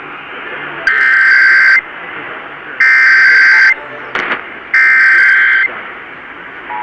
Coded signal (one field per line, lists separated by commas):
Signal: Emergency Alert System (SAME) tones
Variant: header bursts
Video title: LOUD AF! Broadcast Radio EAS: Required Monthly Test (EAS #236)